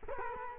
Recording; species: mosquito wingbeat signal from an infrared sensor; Culex quinquefasciatus